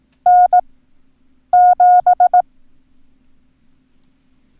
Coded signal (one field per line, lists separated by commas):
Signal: Morse code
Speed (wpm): 18 wpm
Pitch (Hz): 720 Hz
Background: none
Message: N7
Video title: Learn Morse Code - Numbers - Lesson 1